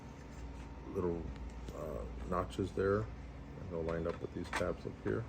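Someone talks while lining up the two notches on the plastic bottom guard plate of an upright vacuum with the tabs on the vacuum base, the plate that protects the brush. Only handling sounds are heard under the speech against a steady low hum, and nothing has seated or clicked yet.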